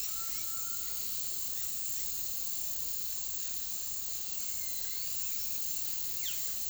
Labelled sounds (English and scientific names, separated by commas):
Undulated Tinamou (Crypturellus undulatus)